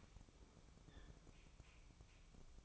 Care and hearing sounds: daily activity, microphone in the room; open fridge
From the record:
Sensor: 1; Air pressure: 1007.9 hPa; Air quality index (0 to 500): 107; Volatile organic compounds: 1 ppm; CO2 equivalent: 909 ppm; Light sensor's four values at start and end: 12/30/12/14 and 12/30/12/14

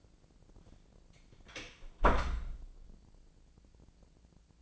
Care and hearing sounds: daily activity, microphone in the room; close door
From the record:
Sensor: 5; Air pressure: 1012.4 hPa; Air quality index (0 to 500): 158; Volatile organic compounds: 2 ppm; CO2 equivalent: 1077 ppm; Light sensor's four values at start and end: 212/516/215/237 and 207/502/210/230

